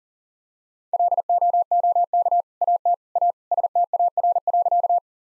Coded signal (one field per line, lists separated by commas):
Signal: Morse code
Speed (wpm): 40 wpm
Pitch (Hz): 700 Hz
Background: none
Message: LOOK AT A STAR.